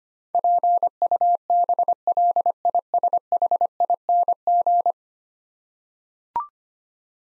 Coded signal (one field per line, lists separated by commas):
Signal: Morse code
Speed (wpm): 25 wpm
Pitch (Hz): 700 Hz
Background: none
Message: PUBLISHING